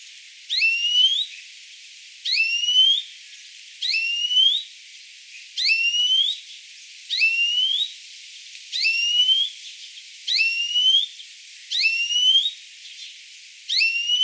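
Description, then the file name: European greenfinch repeating rising nasal wheezy calls roughly every one and a half seconds, nine calls in a regular series. "Chloris chloris"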